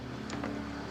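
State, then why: Not seated. A high-pressure outlet hose coupling, 8 metres long, is handled at the motor outlet of an Agaro Supreme 1800-watt high-pressure washer, ready to be pushed on until it locks. A steady low hum with faint broadband noise runs throughout, with two brief brighter swishes around 0.3 and 0.45 seconds. Nothing has seated or clicked yet.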